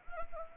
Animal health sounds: mosquito wingbeat signal from an infrared sensor; Anopheles arabiensis

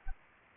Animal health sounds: mosquito wingbeat signal from an infrared sensor; Aedes aegypti

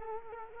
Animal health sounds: mosquito wingbeat signal from an infrared sensor; Culex quinquefasciatus

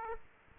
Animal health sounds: mosquito wingbeat signal from an infrared sensor; Aedes aegypti

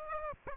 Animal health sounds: mosquito wingbeat signal from an infrared sensor; Aedes aegypti

